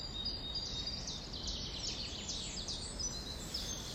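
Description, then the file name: Quick high bird chirps and twitters overlapping throughout, with a steady hiss of background noise. "Vogelgezwitscher"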